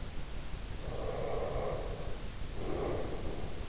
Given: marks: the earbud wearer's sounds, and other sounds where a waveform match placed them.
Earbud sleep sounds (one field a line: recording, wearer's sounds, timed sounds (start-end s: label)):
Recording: sounds in sleep by an in-ear microphone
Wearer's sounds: breath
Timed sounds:
0.78-3.64 s: breath